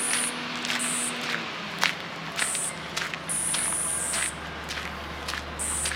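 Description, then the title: Cricket song in bright, high trills broken into uneven bursts, against constant hiss, a low hum and occasional sharp clicks. "grillos"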